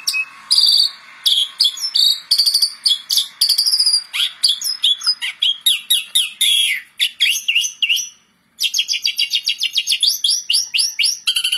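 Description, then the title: Asian pied starling song: a dense run of rapid chirps, clicks and short whistles, high and scratchy, with a brief pause before a final burst of fast buzzy notes. Masteran training audio played to songbirds to make weak, sluggish or rarely singing birds sing more. "Masteran Jalak Suren Atasi Burung KURANG GACOR Dan LOYO"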